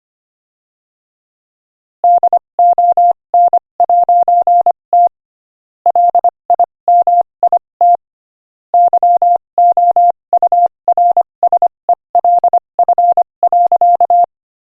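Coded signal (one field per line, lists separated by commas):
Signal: Morse code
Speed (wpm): 26 wpm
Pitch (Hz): 700 Hz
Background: none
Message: DON'T LIMIT YOURSELF.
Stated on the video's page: Morse code listening practice at 25 wpm, inspirational quotation.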